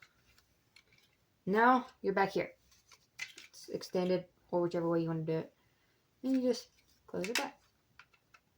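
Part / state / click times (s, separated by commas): plastic hinged piece of a dragon robot action figure / not seated / none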